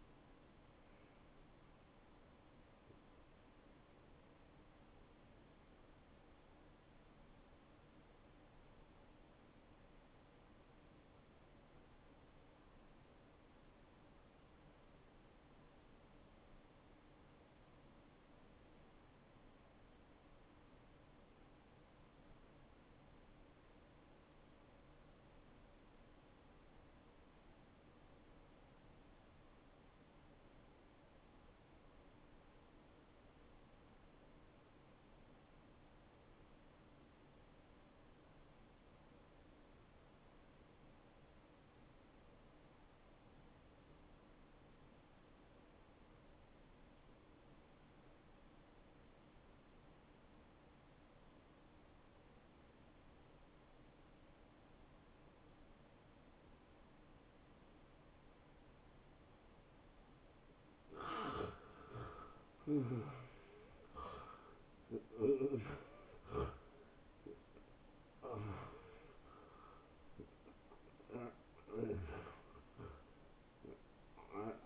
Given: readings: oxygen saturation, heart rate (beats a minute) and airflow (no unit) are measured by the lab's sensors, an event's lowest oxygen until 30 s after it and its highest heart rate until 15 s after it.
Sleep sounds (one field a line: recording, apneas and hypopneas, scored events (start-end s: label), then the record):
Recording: breathing in sleep by a voice recorder at the bedside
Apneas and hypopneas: 1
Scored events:
10.00-61.00 s: obstructive apnea (N1, oxygen 93% highest, then 79% lowest)
23.00-53.00 s: new sleep stage, N2 (light sleep)
53.00-74.66 s: new sleep stage, N1 (lightest sleep)
From the record:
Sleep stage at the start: N1 (lightest sleep)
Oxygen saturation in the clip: 81 to 93%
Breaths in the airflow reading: 7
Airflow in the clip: -18.1 to 9.3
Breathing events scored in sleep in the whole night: 263 in 5.5 hours asleep